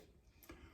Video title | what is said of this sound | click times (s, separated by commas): GAMO Rifle part 1 | When you put it in, just push it down in there till it clicks. | 0.4 s, 0.5 s